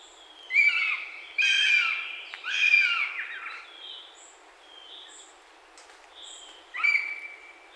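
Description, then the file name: Northern goshawk calls: harsh, wailing screams with rich harmonics, three in the first three seconds, then a final one near the end. Juvenile bird, recorded in Poland on 23 June 2014. "piotr szczypinski. accgent-juv poland 2014 06 23"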